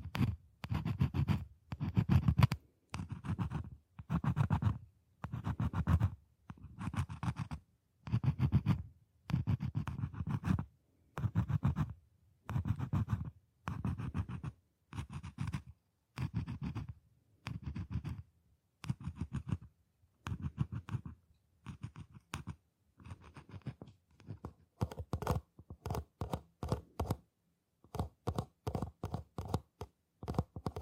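Scratching on boxes and hollow objects, in short rasping strokes repeated about twice a second with brief silences between them. The early strokes are fuller and lower; after about 24 seconds they turn thinner, quicker and more clipped, in tight clusters.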